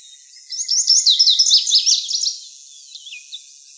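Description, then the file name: Lazuli bunting singing one quick, jumbled phrase of high warbled notes lasting about two seconds, followed by a faint falling note and a steady high hiss. Recorded in Arizona. "LAZB Deviche"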